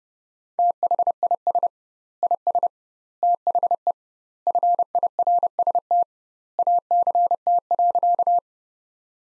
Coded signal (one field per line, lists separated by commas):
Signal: Morse code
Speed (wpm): 32 wpm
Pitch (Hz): 700 Hz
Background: none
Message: THIS IS THE FIRST ACT.